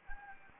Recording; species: mosquito wingbeat signal from an infrared sensor; Anopheles gambiae